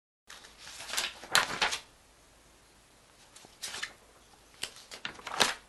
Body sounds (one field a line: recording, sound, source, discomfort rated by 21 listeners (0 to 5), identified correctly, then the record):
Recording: sound for misophonia research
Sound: flipping newspaper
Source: not oral or nasal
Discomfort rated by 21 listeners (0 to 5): mean 0.79, standard deviation 0.90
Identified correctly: in 42 of 42 trials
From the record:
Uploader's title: page turn paper SFX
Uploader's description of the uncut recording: The sound was recorded at the office, with my Samsung Galaxy II sound recorder. Just took some papers and flipped them several times in order to have different kinds of page-turn sounds.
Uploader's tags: flip, paper, page-turn, turn, newspaper